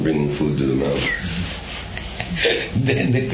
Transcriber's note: laughing